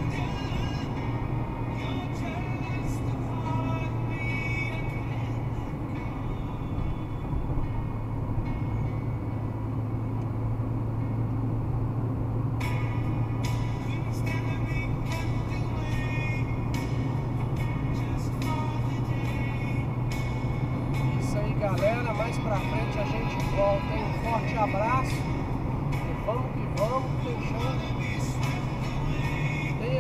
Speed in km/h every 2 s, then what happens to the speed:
123, 123, 118, 115, 118, 120, 122, 123, 126, 128, 131, 132, 131, 132, 131.
0-6 slows to 115. 6-20 speeds up to 131. 20-30 steady at about 131.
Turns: none.